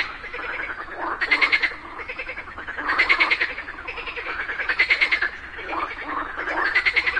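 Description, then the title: Frog chorus of rapid pulsed croaks, louder trilled bursts arriving about every one and a half to two seconds over a steady background of calling. A group of frogs calling together just after daytime rain. "Just after it rained during the day, a group of frogs happily cooperated perfectly, creating a symphony of nature."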